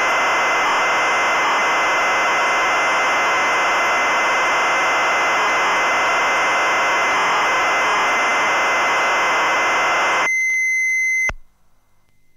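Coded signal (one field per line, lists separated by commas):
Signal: ZX Spectrum tape loading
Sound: ten seconds of harsh, buzzy data screech, then a brief steady high tone, then silence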